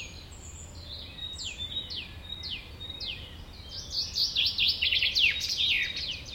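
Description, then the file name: Common chaffinch delivers a series of sharply falling whistled notes that speed into a dense, loud rattle over faint background hiss. "Fringilla coelebs"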